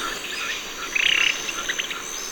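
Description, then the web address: Yellow tyrannulet producing a single brief buzzy trill followed by a couple of short chips, with a steady insect hum throughout. Ecuador. "Natures Songs S America Birds of Ecuador Yellow Tyrannulet"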